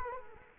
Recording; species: mosquito wingbeat signal from an infrared sensor; Culex quinquefasciatus